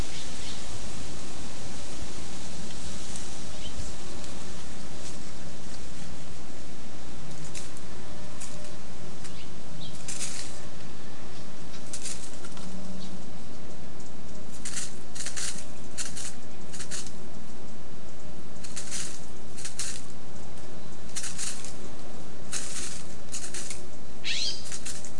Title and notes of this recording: Wind through bay, leaf litter talon scratch. Late summer windy day under the clearing-edge coast live oaks, spotted towhee foraging in the leaf litter